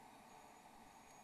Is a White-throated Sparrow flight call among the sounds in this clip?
no